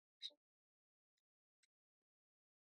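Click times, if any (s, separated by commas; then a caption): 0.2 s. A detachable controller is slid onto the side rail of a handheld Nintendo Switch game console and locks on with a sharp, bright click at 0.2 s, with a short lower-pitched tail right after it. Two faint ticks follow at about 1.2 s and 1.6 s, then silence, and the controller is seated.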